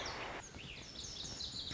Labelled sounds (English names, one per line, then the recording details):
Lazuli Bunting
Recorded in Sonoma County, California